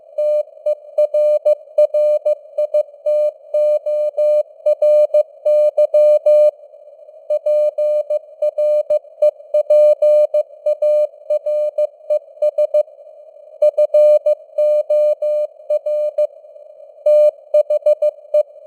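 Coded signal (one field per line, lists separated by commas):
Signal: Morse code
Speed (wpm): 15 wpm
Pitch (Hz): 600 Hz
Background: none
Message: TERRITORY PREPARES FOR THE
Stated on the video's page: Computer-generated news headlines in Morse at 15 wpm, with simulated radio noise and varying signal strength (QSB).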